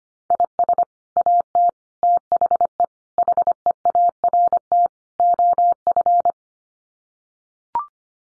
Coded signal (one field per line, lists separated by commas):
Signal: Morse code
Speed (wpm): 25 wpm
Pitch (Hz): 700 Hz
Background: none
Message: IS AT THE HEART OF